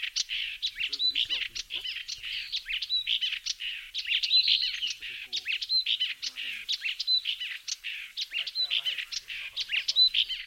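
Bird twittering busily, mixing rapid chirps with brief clear whistles in an unbroken, jumbled run of high notes.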